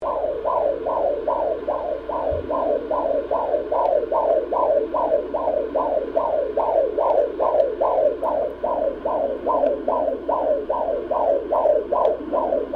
Fetal Heart Tones.